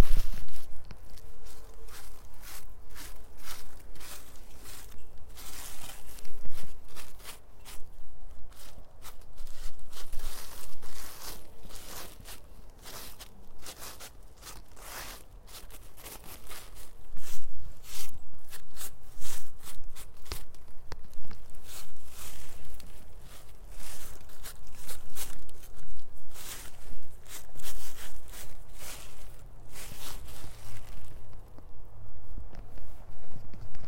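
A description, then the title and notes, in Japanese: Nearly dried strips of cut carrot are stirred and tossed, giving a dense, crisp rustling and crackling made of rapid dry clicks. The stirring comes in busy bursts, easing briefly around the middle, over a faint low hum. ほとんど乾燥できた切った干し人参を仕上げ混ぜしています。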